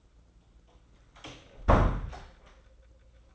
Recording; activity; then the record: daily activity, microphone in the room; close door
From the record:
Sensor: 3